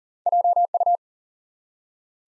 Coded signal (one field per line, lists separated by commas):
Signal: Morse code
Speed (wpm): 41 wpm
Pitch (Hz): 700 Hz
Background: none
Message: JU